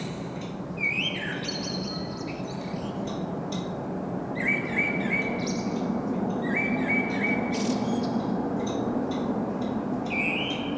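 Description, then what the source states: Common blackbird singing several fluty phrases mixed with busy high twitters and chirps, over a noticeably louder low rumble. Singing, recorded in Saint-Gilles, Belgium, with a Sony PCM-M10 internal microphone.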